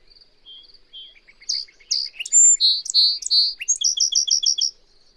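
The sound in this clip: Bird song of high twittering: faint ticking notes build into loud clear whistles and slurred notes, ending in a fast run of rapid repeated chips.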